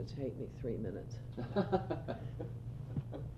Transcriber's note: laughter